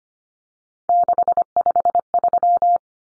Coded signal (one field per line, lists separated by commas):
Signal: Morse code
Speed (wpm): 25 wpm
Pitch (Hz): 700 Hz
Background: none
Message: 653